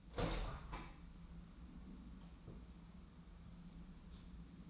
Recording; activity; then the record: daily activity, microphone in the room; open window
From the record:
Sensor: 1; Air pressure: 994.3 hPa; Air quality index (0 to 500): 213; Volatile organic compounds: 1000 ppm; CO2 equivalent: 7671 ppm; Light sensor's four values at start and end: 74/162/73/77 and 74/162/73/77